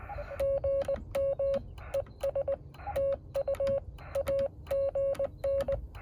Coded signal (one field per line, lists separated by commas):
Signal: Morse code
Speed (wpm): 20 wpm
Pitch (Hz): 550 Hz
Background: radio noise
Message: GM ES TU AGN